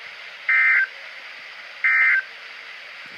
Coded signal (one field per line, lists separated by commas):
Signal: Emergency Alert System (SAME) tones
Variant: end-of-message bursts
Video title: EAS 4345-4348 TESTS From 10/5-10/6